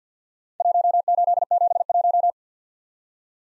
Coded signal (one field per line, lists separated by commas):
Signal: Morse code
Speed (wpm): 53 wpm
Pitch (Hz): 700 Hz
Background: none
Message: 1871